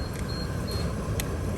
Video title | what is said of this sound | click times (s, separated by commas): Grocery Shopping Sa Superstore Kelowna - Presyo Ng Bilihin Sa Canada - Buhay Canada | Pa, yan. Pwede mo nang bitawang pag nag-lock na. | 1.2 s